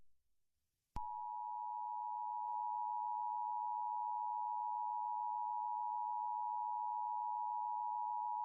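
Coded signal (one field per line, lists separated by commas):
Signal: Emergency Alert System (SAME) tones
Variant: 853 and 960 Hz attention tone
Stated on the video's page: Fictional simulated emergency alert scenario.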